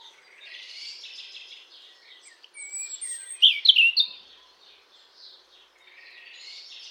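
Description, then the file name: European robin with high thin whistles and a short burst of sharp twittering notes midway, softer scratchy notes before and after. "Erithacus rubecula"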